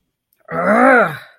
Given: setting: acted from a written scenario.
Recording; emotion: vocal sound without words; anger